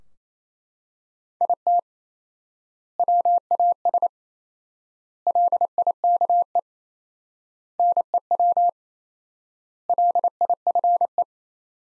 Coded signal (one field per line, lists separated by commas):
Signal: Morse code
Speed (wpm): 28 wpm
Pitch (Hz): 700 Hz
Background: none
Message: IT WAS LIKE NEW LIFE